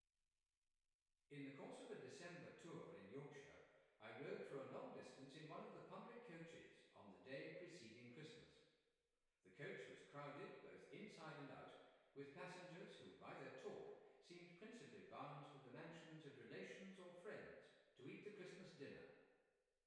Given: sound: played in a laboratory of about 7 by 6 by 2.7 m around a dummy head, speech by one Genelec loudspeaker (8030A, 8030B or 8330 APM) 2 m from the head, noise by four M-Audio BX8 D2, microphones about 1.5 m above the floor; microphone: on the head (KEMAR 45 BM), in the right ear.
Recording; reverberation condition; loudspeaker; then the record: male speech in English; high; 60 degrees to the left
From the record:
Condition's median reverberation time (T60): about 1300 ms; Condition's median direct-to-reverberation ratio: about -4.0 dB